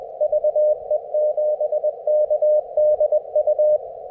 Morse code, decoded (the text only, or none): VE7KDU